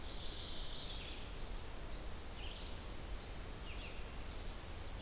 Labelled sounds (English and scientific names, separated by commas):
Red-eyed Vireo (Vireo olivaceus) song